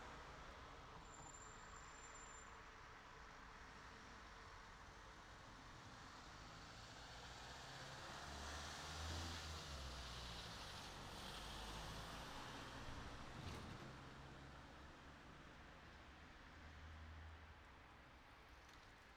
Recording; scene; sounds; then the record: everyday scene through a hearing-aid microphone; in traffic; traffic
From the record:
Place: city secondary road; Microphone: in the ear canal, right